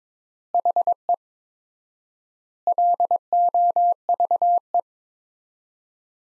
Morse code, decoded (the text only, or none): HE LOVE